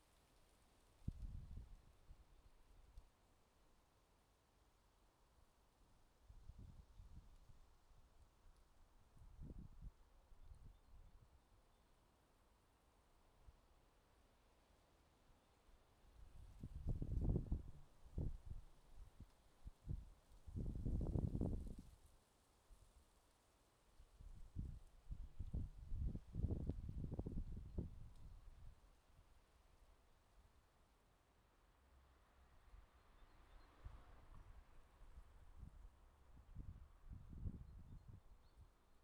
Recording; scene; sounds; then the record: everyday scene through a hearing-aid microphone; wind on the microphone; wind, traffic, birds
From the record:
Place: suburban garden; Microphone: in the ear canal, left